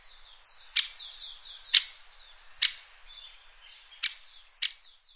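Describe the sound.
Bird calls: crisp, sharp chips repeated about once a second over a continuous background of high, thin, falling twittered notes.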